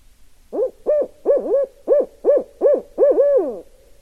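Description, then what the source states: Barred owl hooting: a rhythmic series of rising-and-falling hoots, the last drawn out, over a quiet background. Recorded 16 November 2012.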